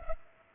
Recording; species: mosquito wingbeat signal from an infrared sensor; Culex pipiens